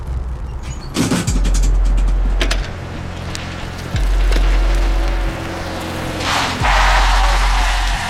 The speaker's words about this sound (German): Zwei Männer steigen aus dem mattroten Auto.